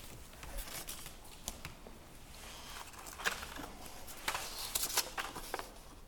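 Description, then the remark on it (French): Paper rustles and crinkles in a quiet, irregular series of short, crisp bursts, with a few sharper flicks as sheets are shuffled and handled. No one speaks. “On passe à un autre papier.”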